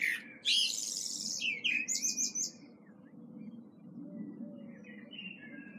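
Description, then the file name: Common blackbird song phrase: mellow whistled notes running into a burst of high, scratchy twitters, then softer trailing whistles over a low background hum. "Turdus merula"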